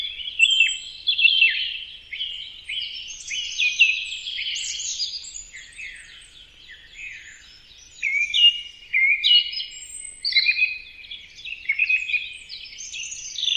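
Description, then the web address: Bird calls pour out in a dense tangle of scratchy chirps and twitters, busy at first, easing briefly, then building again near the end. "birddata Deverinetal 2025 Bird Only"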